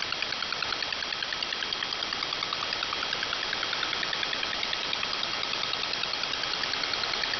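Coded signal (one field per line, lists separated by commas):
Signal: multi-tone FSK (Olivia or MFSK type)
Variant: 4-FSK, 4 channels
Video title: MFSK Oddity, 4 FSK, 4 channel, 32 bit cycle, 100ms interval, 4kHz BW, 15905kHz, 6Nov2021, 2156z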